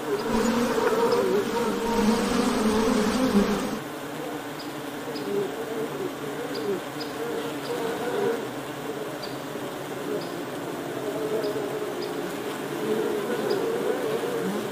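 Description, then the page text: Honey bees buzzing in a dense hum, louder and fuller for the first four seconds, then a softer, steady drone with passing wing tones. Ambient sound of honey bee wings buzzing. "ミツバチの羽音3分｜ Honey Bees Sound"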